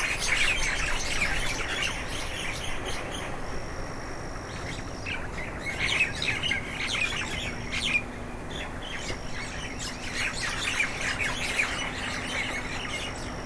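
Myna calls, a long stretch of rough squawks and chirps in bursts, with pauses, a high steady tone starting and stopping, and a low hum throughout.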